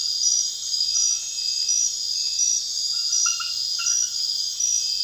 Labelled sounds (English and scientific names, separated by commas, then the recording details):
none
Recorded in secondary vegetation near Puerto Asís, Putumayo, Colombia, on 30 June 2025 at 22:30
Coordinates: 0.498, -76.327
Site GP09